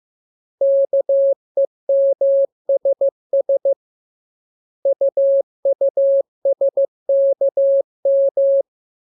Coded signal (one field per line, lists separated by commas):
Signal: Morse code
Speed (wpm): 15 wpm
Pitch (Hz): 550 Hz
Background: none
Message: KEMSS UUSKM